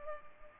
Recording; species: mosquito wingbeat signal from an infrared sensor; Culex pipiens